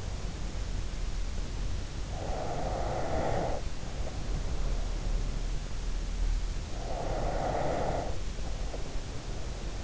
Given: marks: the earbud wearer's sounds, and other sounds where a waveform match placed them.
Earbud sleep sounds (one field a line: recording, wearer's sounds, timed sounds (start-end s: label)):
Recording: sounds in sleep by an in-ear microphone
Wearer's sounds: breath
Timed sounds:
2.04-5.46 s: breath
6.73-9.84 s: breath